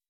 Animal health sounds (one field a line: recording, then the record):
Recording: hydrophone in a shrimp aquaculture tank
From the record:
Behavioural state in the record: weakened